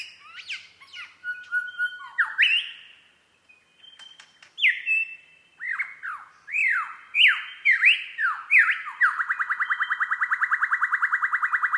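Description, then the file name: Superb lyrebird song with mixed chatter, a string of loud falling whistles, then a fast, even, mechanical-sounding trill held for several seconds. Recorded at Mount Airly; date given as 30 May 2011. "SLB-mt airly 300511"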